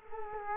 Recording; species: mosquito wingbeat signal from an infrared sensor; Culex quinquefasciatus